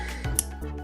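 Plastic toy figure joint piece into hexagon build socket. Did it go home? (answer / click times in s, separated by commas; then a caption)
yes / 0.4 s. A plastic hexagon build piece is pushed onto a plastic toy figure joint and snaps into place with one sharp, bright click at 0.4 s, after a softer contact sound at 0.2 s, over steady background music. The piece is seated.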